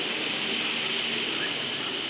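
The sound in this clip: Cedar waxwing call: one thin, very high, hissing note that slides slightly downward, heard once over a steady background hiss.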